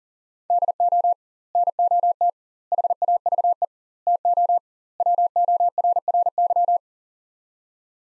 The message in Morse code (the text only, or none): DO NOT HAVE TO WORRY